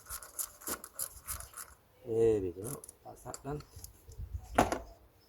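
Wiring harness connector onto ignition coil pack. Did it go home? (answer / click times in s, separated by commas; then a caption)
yes / 4.6 s. A plastic wiring harness connector is pushed back onto the ignition coil pack of a Toyota Prius or Prius Plus after a spark plug replacement while someone talks. A sharp click at 4.6 s marks the connector latching, and it is seated.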